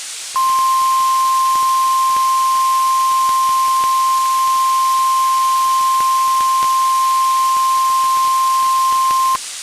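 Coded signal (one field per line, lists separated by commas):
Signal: Emergency Alert System (SAME) tones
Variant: 1050 Hz attention tone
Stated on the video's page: NOAA Weather Radio weekly tests.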